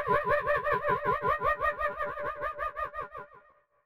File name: Psychohyenalaff